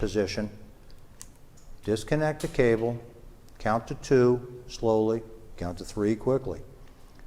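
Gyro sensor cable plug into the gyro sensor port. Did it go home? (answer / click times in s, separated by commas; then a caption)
no / none. A man talks while handling the robot gyro sensor's cable, which has been unplugged from the gyro sensor port so the sensor can recalibrate. A few faint ticks are heard under the speech. The plastic connector has not yet been plugged back in or clicked into place.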